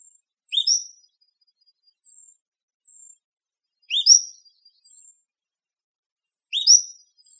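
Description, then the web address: Cordilleran flycatcher calling: a quick upslurred two-note call repeated three times, about three seconds apart, with soft high tones in between. Recorded in Arizona. "Flycatchers COFL. deviche"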